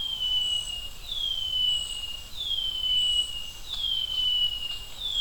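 Brown-headed greenlet calling with clear, high whistled notes that slide downward, repeated steadily about every 1.3 seconds, against a soft hiss of background noise.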